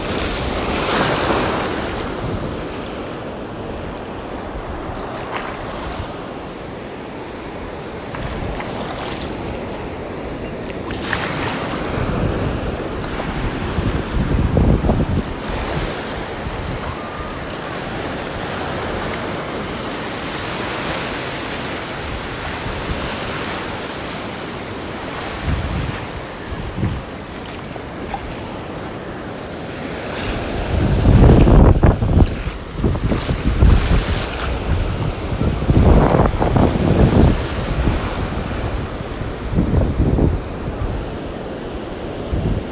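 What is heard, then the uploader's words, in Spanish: Sea waves roll in steadily, a deep continuous wash of surf with low rumble underneath. Wind buffets the microphone throughout, and around the half-minute mark louder breaking waves and gusts surge in several heavy bursts before easing slightly. El mar de hoy .Pinamar. Sentí el sonido profundo del hermano mar . Su movimiento ,su fluir , su agua sanadora en olas constantes y vivas .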